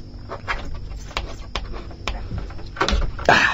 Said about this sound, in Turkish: Evet, şimdi iş kapıyı açmaya geldi. Bu iş nasıl yapılır bilmiyorum ama bir kere deneyeceğim. Yanımda tornavida var. Belki onunla bir şeyler yapabilirim.